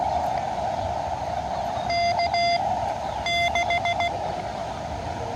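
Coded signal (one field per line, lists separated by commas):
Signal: Morse code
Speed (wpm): 16 wpm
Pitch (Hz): 2050 Hz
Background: none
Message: K 6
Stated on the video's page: Morse heard during a Hawaii Parks On The Air activation, run as a portable QRP station.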